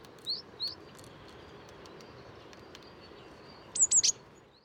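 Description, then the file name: Blue tit call: two short high chips early, then a rapid triplet of sharp, very high notes near four seconds over steady background hiss. "Cyanistes caeruleus"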